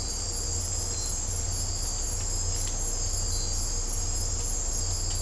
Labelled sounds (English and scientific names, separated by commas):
none